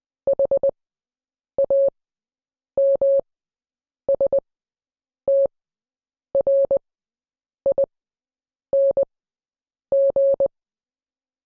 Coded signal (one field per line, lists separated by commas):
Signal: Morse code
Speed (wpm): 20 wpm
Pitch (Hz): 550 Hz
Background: none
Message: HAMSTRING